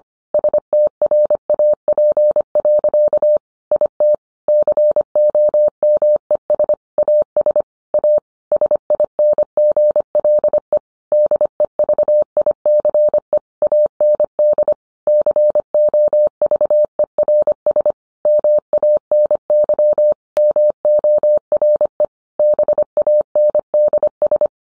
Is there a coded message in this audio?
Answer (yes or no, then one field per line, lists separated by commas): yes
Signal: Morse code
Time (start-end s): 0.3-24.5 s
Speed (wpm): 25 wpm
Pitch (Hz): 600 Hz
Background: none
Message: STRAP. IT COMES AS A SINGLE DEVICE AND COVERS MANY MORE BANDS